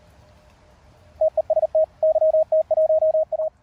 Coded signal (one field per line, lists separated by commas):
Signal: Morse code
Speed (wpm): 38 wpm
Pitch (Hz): 630 Hz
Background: radio noise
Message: TEST YT1A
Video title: QCX-mini transceiver by QRPLabs field-review. Big Radio in a Small Package!